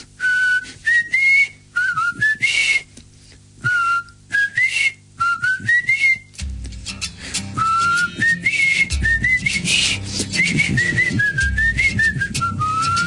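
A person whistles a lilting tune in short, rising phrases with a clear, high tone. Partway through, a steady rumbling noise joins underneath while the whistling carries on.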